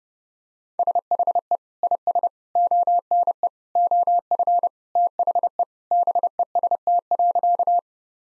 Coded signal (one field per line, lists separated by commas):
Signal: Morse code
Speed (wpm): 30 wpm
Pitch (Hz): 700 Hz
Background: none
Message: SHE IS ONE OF THE BEST.